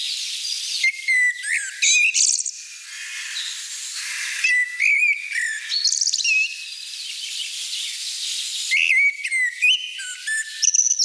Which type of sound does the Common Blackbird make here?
song